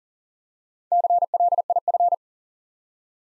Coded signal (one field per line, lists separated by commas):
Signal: Morse code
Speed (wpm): 40 wpm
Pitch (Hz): 700 Hz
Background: none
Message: CLIF